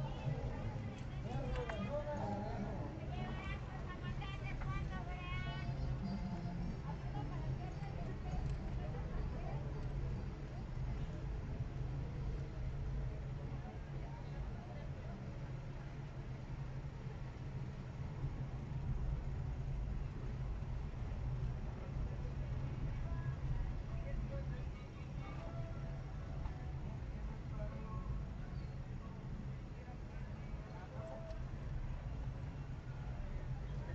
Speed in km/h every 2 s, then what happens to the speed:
10, 10, 9, 11, 10, 11, 11, 10, 11, 10, 10, 10, 9, 9, 8, 8, 8.
0-34 steady at about 10.